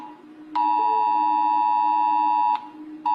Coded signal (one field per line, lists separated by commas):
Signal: Emergency Alert System (SAME) tones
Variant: 853 and 960 Hz attention tone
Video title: Rating EAS alarms because I have nothing important to do in life right now